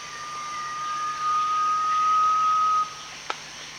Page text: Sound of Garnet Pitta at Danum. DANUM 20060401